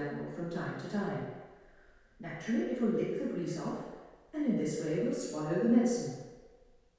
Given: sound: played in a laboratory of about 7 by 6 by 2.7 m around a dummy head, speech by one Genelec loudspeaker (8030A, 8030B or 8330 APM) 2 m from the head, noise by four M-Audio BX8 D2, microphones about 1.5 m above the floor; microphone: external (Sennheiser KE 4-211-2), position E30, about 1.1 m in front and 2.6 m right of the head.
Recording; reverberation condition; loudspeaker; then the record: female speech in English; high; 30 degrees to the left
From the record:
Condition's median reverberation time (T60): about 1300 ms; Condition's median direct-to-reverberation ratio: about -4.0 dB